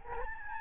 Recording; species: mosquito wingbeat signal from an infrared sensor; Aedes albopictus